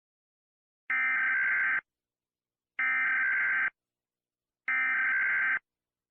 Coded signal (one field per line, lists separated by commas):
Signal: Emergency Alert System (SAME) tones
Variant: header bursts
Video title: {Mock} EAS Scenario Short #4 - Lava Rain